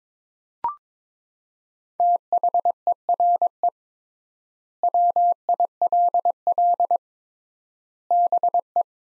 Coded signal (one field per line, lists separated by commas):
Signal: Morse code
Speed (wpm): 22 wpm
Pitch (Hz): 700 Hz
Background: none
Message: THERE WILL BE